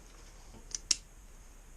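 The magnetic chin strap buckle on a Ruroc Atlas 2.0 motorcycle helmet is closed again to demonstrate it, giving a soft click at 0.8 s and a sharper, louder click at 0.9 s over a quiet background. The buckle locks on and clicks shut.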